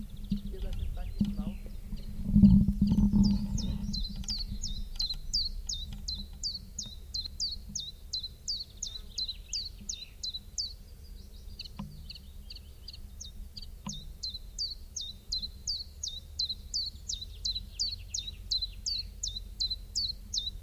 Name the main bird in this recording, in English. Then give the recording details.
Common Chiffchaff. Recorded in the wild. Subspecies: collybita. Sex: male. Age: adult. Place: Ramsau, Bayern, DE. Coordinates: 47.6097, 12.8567. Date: 1964-05-31. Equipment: LGS26. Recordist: Faber, A. and Stumbrat. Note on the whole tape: Hintersee, am Haus Jordan. Auf diesem Band auch Aufnahmen am 03. Juni um 6 Uhr.Gewöhnliche Gesänge. Beide Aufnahmen vom gleichen Vogel. Son130/coll.24